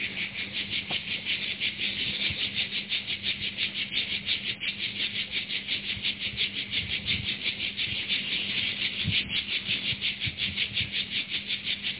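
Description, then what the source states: Cicada song, a continuous harsh buzzing that pulses roughly three times a second at an even loudness from start to finish. Recorded 5 August 2015.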